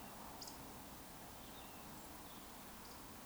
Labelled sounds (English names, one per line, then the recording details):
Eurasian Woodcock whistle
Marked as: whistle, whistle
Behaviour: display flight
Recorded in Baden-Württemberg, Germany, on 18 June 2021 at 19:33 UTC
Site 49334, 1074 m above sea level